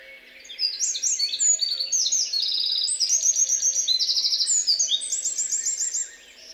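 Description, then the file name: Eurasian wren singing a long, fast cascade of shrill trills and piercing notes for about five seconds, then stopping abruptly. "Troglodytes troglodytes"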